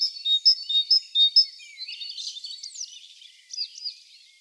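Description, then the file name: Great tit song: a clear two-note phrase repeated several times in the first second and a half, followed by softer twittering and slurred notes. "Parus major"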